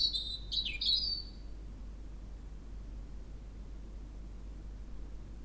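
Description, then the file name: European robin, a single short high twittering phrase with a quick downward twist, followed by several seconds of near silence and faint hiss. "Erithacus rubecula"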